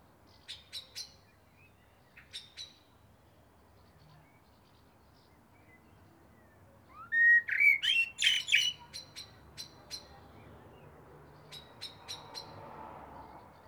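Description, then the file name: Eurasian blackbird giving faint high ticks, then a brief fluty phrase that breaks into a squeaky, scratchy twitter, followed by more scattered high clicks. "Turdus merula"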